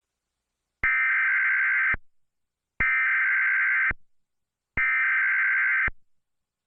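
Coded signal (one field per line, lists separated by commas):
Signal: Emergency Alert System (SAME) tones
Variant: header bursts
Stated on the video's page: Tornado warning EAS scenario; fictional, not a real alert.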